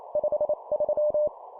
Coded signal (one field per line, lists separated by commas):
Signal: Morse code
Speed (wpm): 28 wpm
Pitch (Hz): 600 Hz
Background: none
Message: 53